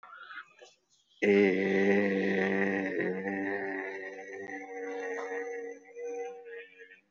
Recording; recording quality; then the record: sustained vowel as in made; excellent, no background noise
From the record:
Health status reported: healthy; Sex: male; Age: 40 years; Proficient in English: yes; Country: India